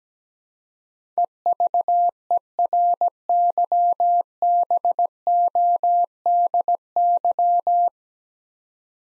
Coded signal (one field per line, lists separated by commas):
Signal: Morse code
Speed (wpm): 17 wpm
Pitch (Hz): 700 Hz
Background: none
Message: EVERYBODY